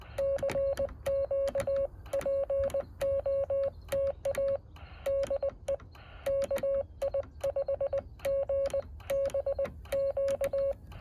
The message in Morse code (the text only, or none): CQ POTA DE KI5GBQ